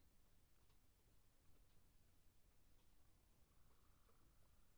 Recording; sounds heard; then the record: poultry house recording; healthy chickens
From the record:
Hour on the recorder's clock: 0